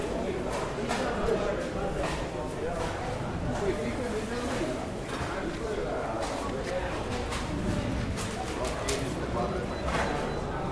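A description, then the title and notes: Crowd noise fills a fish market walk, a steady dense murmur of overlapping voices with no pauses. Short bright clicks and knocks flicker through it every second or so, some clustered near the middle and end. The level stays even throughout. Pescaria - Venice, Italy. Location: Venice-Rialto, Italy. Walk through the Pescaria (Fish market) with seagulls from Grand Canal in the background.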